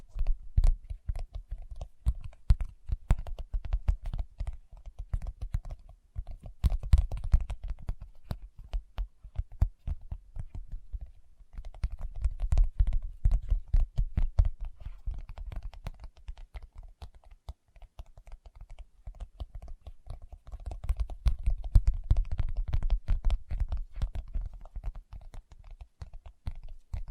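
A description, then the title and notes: Fingertips tap rapidly and continuously on a surface, a dense stream of soft, dull knocks weighted toward the low end, with faint sharper clicks on top. The tapping thins briefly around ten to eleven seconds and again near eighteen, then picks back up in busy bursts. ASMR Tapping with Fingertips (No Talking).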